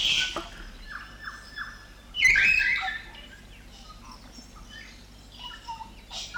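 South Island kaka calls: a harsh rasping squawk midway, preceded by three short descending whistles, with softer chatter and a faint low hum throughout.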